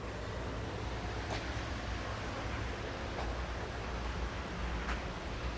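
The steel swing-away arm of a Yakima EXO Swing Away 2 hitch-mounted bike rack and cargo carrier on a 2021 Mercedes-Benz Sprinter 3500 is swung open on its hitch mount, short of its locking point. A steady broadband hiss with low rumble is heard, with a few faint brief ticks around 1.3, 3.2 and 4.9 seconds. The arm has not snapped or locked into place yet.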